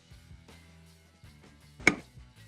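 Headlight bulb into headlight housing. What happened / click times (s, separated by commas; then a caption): The bulb twist-locked into its housing / 1.9 s. A high beam bulb is inserted into the headlight housing of a 2017–2022 Honda CR-V and turned clockwise. Over a faint low hum with soft handling noises, a single sharp click sounds at 1.9 s as the bulb twist-locks fully into place.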